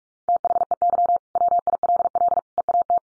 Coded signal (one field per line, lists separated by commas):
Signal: Morse code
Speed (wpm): 44 wpm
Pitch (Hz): 700 Hz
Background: none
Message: THEY WILL EAT